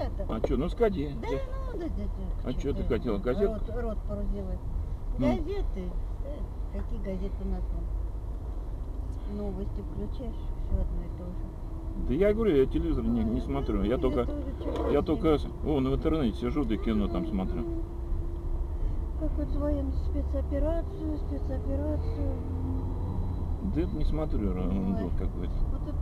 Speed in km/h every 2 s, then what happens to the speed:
8, 8, 8, 9, 11, 12, 13, 13, 12, 13, 15, 19, 20.
0-17 steady at about 11. 17-26 speeds up to 20.